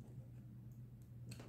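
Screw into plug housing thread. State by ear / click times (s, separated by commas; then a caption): not seated / none. A screw on the cord clamp or plug is handled while being turned into the plug housing thread, first counterclockwise to find the thread start and then screwed in. A steady low hum runs under faint handling ticks, with a brief sharp broadband sound near 1.3 s. Nothing has seated or clicked yet.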